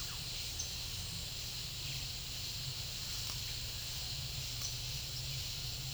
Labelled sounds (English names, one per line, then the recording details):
none
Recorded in pastures near Puerto Asís, Putumayo, Colombia, on 4 March 2025 at 09:30
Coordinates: 0.497, -76.327
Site G072